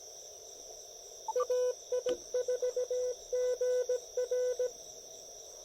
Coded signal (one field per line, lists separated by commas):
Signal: Morse code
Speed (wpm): 17 wpm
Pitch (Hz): 500 Hz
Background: none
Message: AI4GR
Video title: POTA Field Report: South Mountains State Park with a guest logger!